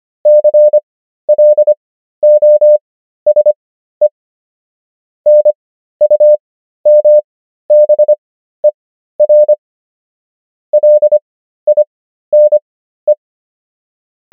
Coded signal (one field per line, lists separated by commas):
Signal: Morse code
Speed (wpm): 25 wpm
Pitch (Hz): 600 Hz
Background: none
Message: CLOSE NUMBER LINE